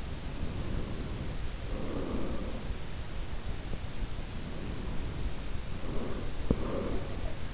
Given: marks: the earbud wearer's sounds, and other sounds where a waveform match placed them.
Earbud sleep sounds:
sounds in sleep by an in-ear microphone; breath
0.17-2.96 s: breath
4.23-7.54 s: breath
5.92-7.54 s: sound from someone else or the room

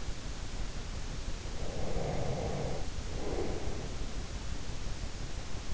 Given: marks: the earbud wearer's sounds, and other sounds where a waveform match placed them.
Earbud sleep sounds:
sounds in sleep by an in-ear microphone; breath
1.59-4.20 s: breath

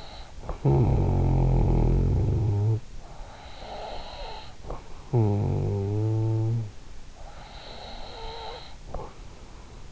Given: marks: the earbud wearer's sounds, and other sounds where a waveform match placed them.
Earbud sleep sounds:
sounds in sleep by an in-ear microphone; snoring breath, breath
0.00-3.31 s: snoring breath
3.53-7.19 s: snoring breath
7.48-9.48 s: breath

